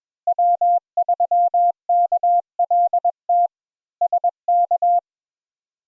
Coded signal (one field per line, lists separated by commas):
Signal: Morse code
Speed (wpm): 21 wpm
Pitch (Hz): 700 Hz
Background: none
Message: W3KLT SK